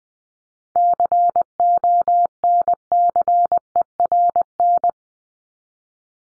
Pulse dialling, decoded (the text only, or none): none